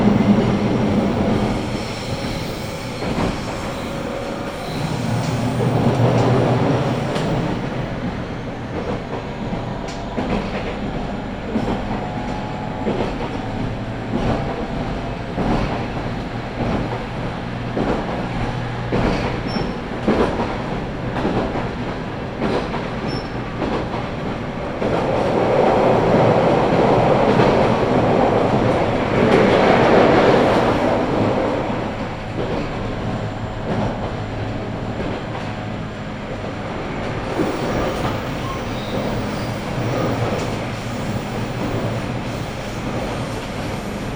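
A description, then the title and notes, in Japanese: A train on the Sasebo Line runs from Arita toward Kitahō, its rumble steady and dense throughout with a low hum underneath. Rhythmic clacking ticks run all the way through. The roar swells around 5 seconds and again from about 25 to 31 seconds, where a brighter squeal rises. 音の旅 佐世保線 有田→北方。普通列車鳥栖行きに乗車します。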